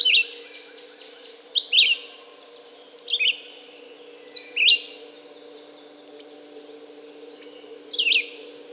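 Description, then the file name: Red-eyed vireo singing five brief slurred phrases that vary in shape, separated by pauses of one to more than three seconds, with a constant low background hum. "red-eyed vireo song by jonathon jongsma"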